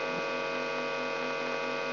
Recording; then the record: brain microelectrode recording played as sound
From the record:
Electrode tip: outside the subthalamic nucleus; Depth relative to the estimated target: -6 mm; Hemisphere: right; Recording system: AlphaMap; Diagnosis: Parkinson's disease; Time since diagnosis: 17 years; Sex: male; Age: 64 years